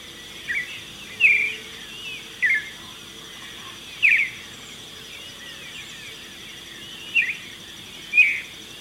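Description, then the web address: Marañón thrush song: short slurred whistled phrases given at irregular intervals over steady hiss. Ecuador. "Birds of Ecuador 22 Maranon thrush"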